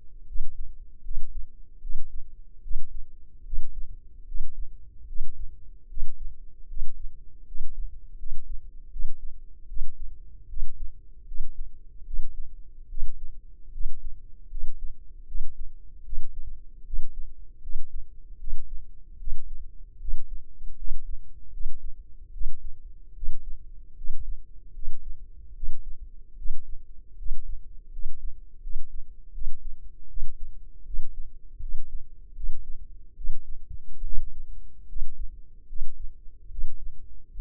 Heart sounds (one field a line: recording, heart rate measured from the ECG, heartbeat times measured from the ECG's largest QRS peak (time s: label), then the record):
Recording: heart sounds by microphone in the left ear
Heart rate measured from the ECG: 76 bpm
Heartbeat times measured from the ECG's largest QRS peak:
0.25 s: heartbeat
1.02 s: heartbeat
1.80 s: heartbeat
2.61 s: heartbeat
3.43 s: heartbeat
4.25 s: heartbeat
5.06 s: heartbeat
5.87 s: heartbeat
6.67 s: heartbeat
7.45 s: heartbeat
8.16 s: heartbeat
8.90 s: heartbeat
9.67 s: heartbeat
10.47 s: heartbeat
11.25 s: heartbeat
12.04 s: heartbeat
12.87 s: heartbeat
13.71 s: heartbeat
14.48 s: heartbeat
15.25 s: heartbeat
16.03 s: heartbeat
16.83 s: heartbeat
17.60 s: heartbeat
18.37 s: heartbeat
19.17 s: heartbeat
19.98 s: heartbeat
20.75 s: heartbeat
21.50 s: heartbeat
22.31 s: heartbeat
23.13 s: heartbeat
23.94 s: heartbeat
24.72 s: heartbeat
25.53 s: heartbeat
26.35 s: heartbeat
27.16 s: heartbeat
27.90 s: heartbeat
28.60 s: heartbeat
29.31 s: heartbeat
30.07 s: heartbeat
30.84 s: heartbeat
31.59 s: heartbeat
32.34 s: heartbeat
33.14 s: heartbeat
34.02 s: heartbeat
34.86 s: heartbeat
35.66 s: heartbeat
36.49 s: heartbeat
37.29 s: heartbeat
From the record:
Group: healthy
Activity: cold pressor test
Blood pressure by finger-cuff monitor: 137/85 mmHg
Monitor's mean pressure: 101 mmHg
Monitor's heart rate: 74 bpm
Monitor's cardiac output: 6.3 L/min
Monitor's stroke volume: 83 mL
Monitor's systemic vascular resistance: 1200 dyn s/cm5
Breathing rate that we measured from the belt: 19 breaths a minute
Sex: male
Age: 21 years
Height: 180 cm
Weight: 67.5 kg